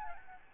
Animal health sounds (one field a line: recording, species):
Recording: mosquito wingbeat signal from an infrared sensor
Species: Aedes albopictus